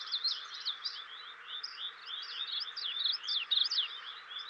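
Lincoln's Sparrow song, a fast tumbling run of high chirps and buzzy slurred notes over a steady background hiss.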